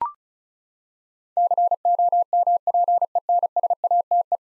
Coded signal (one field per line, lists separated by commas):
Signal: Morse code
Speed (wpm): 36 wpm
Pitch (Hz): 700 Hz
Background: none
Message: COMPENSATE